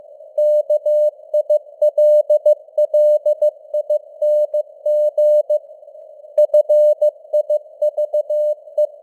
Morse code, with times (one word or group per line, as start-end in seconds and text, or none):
0.4-5.6 KILLING
6.4-8.9 FIVE